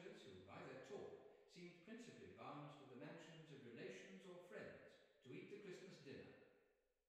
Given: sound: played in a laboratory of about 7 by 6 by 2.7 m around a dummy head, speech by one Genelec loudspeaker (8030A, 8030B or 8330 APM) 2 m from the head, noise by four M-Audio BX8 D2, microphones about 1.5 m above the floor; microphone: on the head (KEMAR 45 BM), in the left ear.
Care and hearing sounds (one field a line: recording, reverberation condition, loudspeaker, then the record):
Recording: male speech in English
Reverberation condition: high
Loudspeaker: 120 degrees to the right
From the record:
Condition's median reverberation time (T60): about 1300 ms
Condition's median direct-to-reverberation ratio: about -4.0 dB